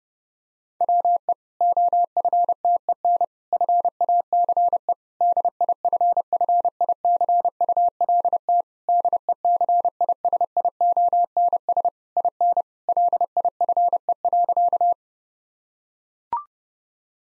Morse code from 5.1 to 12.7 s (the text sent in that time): DIFFICULT DECISIONS IN